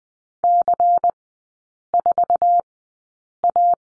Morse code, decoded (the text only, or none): C4A